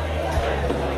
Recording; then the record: background sound without coughing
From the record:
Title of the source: CITY SOUNDS Busy Bar in the Evening Night - 2 HOURS of Ambiance for Relaxation